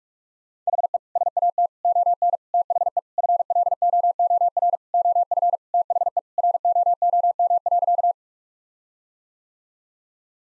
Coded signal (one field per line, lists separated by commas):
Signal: Morse code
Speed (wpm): 46 wpm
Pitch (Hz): 700 Hz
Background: none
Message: HE SAT ON THE FLOOR OF THE ROOM.